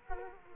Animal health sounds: mosquito wingbeat signal from an infrared sensor; Culex quinquefasciatus

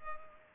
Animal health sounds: mosquito wingbeat signal from an infrared sensor; Culex pipiens

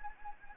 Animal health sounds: mosquito wingbeat signal from an infrared sensor; Anopheles gambiae

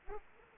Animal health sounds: mosquito wingbeat signal from an infrared sensor; Aedes aegypti

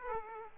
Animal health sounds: mosquito wingbeat signal from an infrared sensor; Aedes aegypti

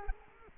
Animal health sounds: mosquito wingbeat signal from an infrared sensor; Culex quinquefasciatus

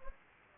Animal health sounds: mosquito wingbeat signal from an infrared sensor; Anopheles gambiae

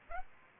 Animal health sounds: mosquito wingbeat signal from an infrared sensor; Aedes aegypti

